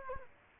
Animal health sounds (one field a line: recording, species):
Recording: mosquito wingbeat signal from an infrared sensor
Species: Culex quinquefasciatus